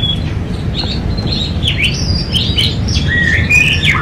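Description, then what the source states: Domestic canary singing quick chirps and short swooping whistles, over constant low background noise. Singing continuously (gacor); first-place champion.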